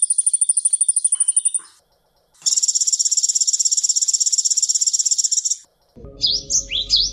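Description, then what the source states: Sunbird song: very high, rapid metallic trills, a shorter one first, then a steady trill lasting about three seconds, followed by sliding chirps over a low rumble. Combination (kombinasi) of kolibri glawing song.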